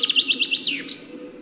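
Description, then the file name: Common chaffinch song fragment: a fast run of bright repeated notes, then a short downward-sweeping flourish, followed by a steady faint background hum. "Fringilla coelebs"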